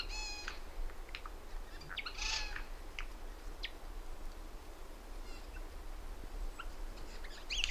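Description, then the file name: Eurasian jay uttering a nasal harmonic note, then a harsh rasping burst and scattered clicks over a steady low rumble. "Garrulus glandarius"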